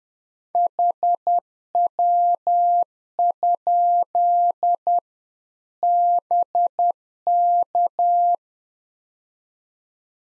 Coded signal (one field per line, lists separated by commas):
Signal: Morse code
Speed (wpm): 10 wpm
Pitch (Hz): 700 Hz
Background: none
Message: HW? BK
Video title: Practice QSO - Exchange 2- Info - 10wpm